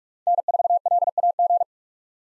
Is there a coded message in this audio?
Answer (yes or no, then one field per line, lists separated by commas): yes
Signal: Morse code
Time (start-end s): 0.3-1.6 s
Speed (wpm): 48 wpm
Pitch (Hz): 700 Hz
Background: none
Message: N4LAG